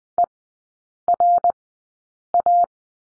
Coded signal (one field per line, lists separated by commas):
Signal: Morse code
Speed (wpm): 20 wpm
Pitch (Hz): 700 Hz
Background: none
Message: ERA